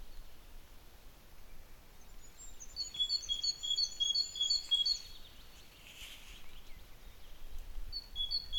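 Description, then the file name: Great tit singing a clear, high two-note phrase several times in a row, pausing, then starting again at the end. "Parus major"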